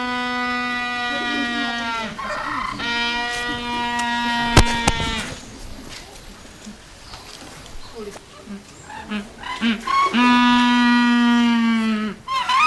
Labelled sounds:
Humboldt Penguin call
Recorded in captivity
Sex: group
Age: adult
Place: Zoo Köln, Nordrhein-Westfalen, DE
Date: 2000-10-01 17:41
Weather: bedeckt, z.T. Regen, 15°C
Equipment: Nagra SN, Kopie Uher 4000 Report Monitor
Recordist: Tembrock, Günter
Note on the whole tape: Rufreihen und Duette verschiedener Exemplare

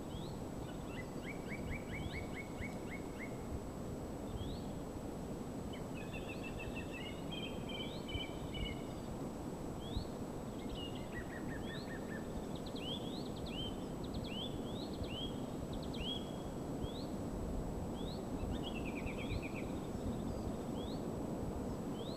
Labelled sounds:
Song Thrush song
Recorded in the wild
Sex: male
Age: adult
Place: Mirnock, Kärnten, AT
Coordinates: 46.75, 13.7
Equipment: Hornyphon, Phillips Mikrofon
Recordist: Brunner, Thomas

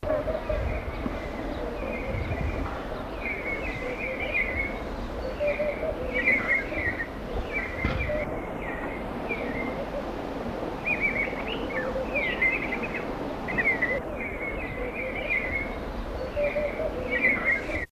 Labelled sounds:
White-backed Mousebird call
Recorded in captivity
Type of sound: call
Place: Farm M. Bela
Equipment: Halbspur, 9,5 cm/s
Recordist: Lütgens, Hans
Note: Rufe

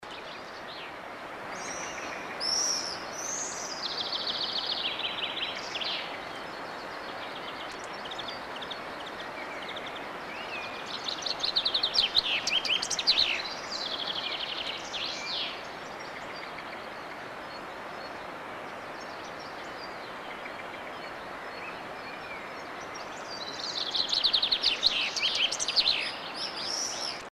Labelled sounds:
Common Swift song
Common Chaffinch
European Greenfinch
Great Tit
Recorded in the wild
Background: Fringilla coelebs, Chloris chloris, Parus major
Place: Grindelwald, Bern, CH
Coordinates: 46.6372, 8.04417
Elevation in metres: 1351
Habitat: mountains
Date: 1979-06-07
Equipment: Uher 4000 Report, Sennheiser MKH 815 T
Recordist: Tretzel, Erwin
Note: Oben an der Hütte beim Abstieg vom Oberhaus, Grindelwald: Gesang

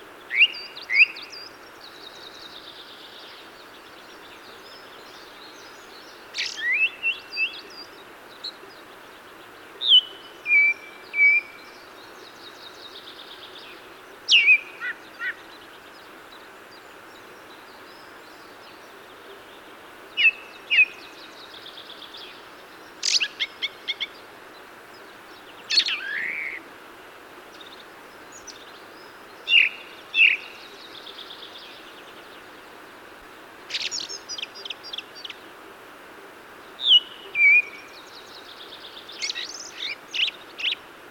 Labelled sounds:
Ring Ouzel song
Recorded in the wild
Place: Sibiu, Mountain, Transilvania, RO
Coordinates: 45.803, 24.145
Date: 1976-05-22 09:10
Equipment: Nagra III BH, Sennheiser MD 21, parabola
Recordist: Schubert, Michael
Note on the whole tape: Ringdrossel, besonderes Pfeifmotiv

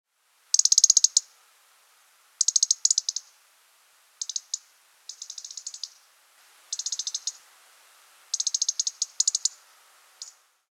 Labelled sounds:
European Robin
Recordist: Tembrock, Günter
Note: Rufreihen

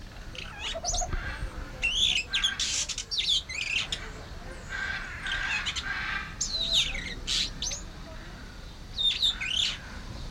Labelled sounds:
Golden-breasted Starling
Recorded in captivity
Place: Zoo Berlin, Berlin, DE
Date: 1992-08-01 12:10
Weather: sonnig, 24-26°C
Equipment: Marantz CP 430, Sennheiser ME 80, Kopie Tesla B 116
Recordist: Tembrock, Günter

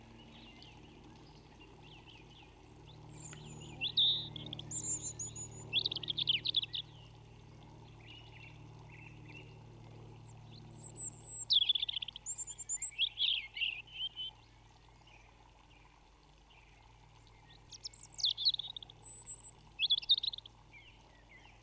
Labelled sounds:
European Robin song
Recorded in the wild
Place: Kaiserslautern, Rheinland-Pfalz, DE
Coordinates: 49.4115, 7.7575
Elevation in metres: 399
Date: 1976-03-26
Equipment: Nagra IV, Sennheiser MKH 405, Parabolreflektor
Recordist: Tretzel, Erwin

